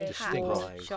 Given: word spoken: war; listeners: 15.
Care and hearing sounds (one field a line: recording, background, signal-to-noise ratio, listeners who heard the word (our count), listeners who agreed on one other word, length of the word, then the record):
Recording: one English word in noise, from a listening test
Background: four-talker babble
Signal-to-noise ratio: -0.8 dB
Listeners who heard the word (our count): 0 of 15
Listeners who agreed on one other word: 7 of 15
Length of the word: 0.57 s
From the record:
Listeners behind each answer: 7, 2, 1, 1, 1, 1, 1, 1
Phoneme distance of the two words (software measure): 27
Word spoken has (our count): 1 syllable, 2 phonemes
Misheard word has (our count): 1 syllable, 3 phonemes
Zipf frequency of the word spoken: 5.34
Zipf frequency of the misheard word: 4.76